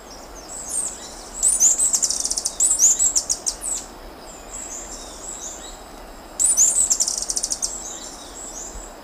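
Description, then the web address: Andean emerald calling with rapid bursts of very high, dry, ticking chips and thin squeaky notes, two clustered volleys several seconds apart. Ecuador. "Birds of Ecuador. Andean Emerald"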